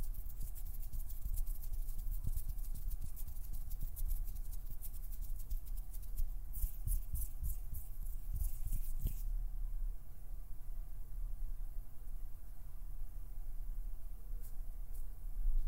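Plucking, pinching and finger fluttering make a busy stream of quick, crisp clicks and ticks through the first nine seconds, with a dense flurry around six to nine seconds. After that the sound thins to a low steady rumble with only a few scattered soft ticks.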